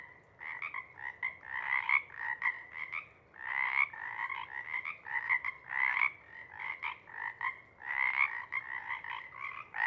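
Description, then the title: Pacific chorus frog chorus breaking into staccato bursts, clusters of croaks separated by short gaps, calls overlapping within each burst. Pacific chorus frog chorus at a pond in pre-morning twilight as late night wanes; temperature torpor sets in, individuals leave to hunt; chorus breaks into successive waves circling the pond, then staccato sections tapering away. "Chorus Frogs, Chorus Waxes and Wanes, pre-morning-twilight"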